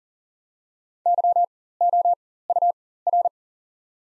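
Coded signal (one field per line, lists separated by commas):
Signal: Morse code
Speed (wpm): 40 wpm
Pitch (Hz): 700 Hz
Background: none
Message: YOUR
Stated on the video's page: Morse practice of the top 200 words at 40wpm with 4x character spacing, Farnsworth-style timing for learners.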